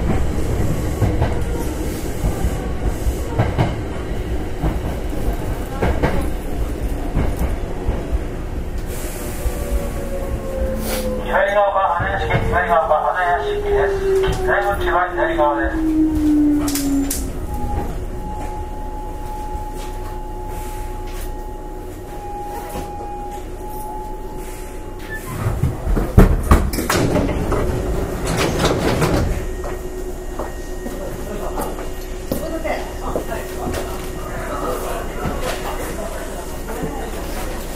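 An express train on the Takarazuka Line rumbles steadily, with a sliding whine near eleven seconds, a long tone, and a louder clattering burst around twenty-six seconds.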